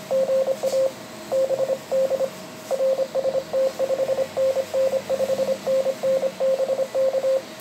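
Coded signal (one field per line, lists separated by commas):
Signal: Morse code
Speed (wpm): 24 wpm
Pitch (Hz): 530 Hz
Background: radio noise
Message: GA BD RST 5NN 5NN BK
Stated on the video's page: Morse contact between a German station and a long-running Argentine special event station activation, copied off the air.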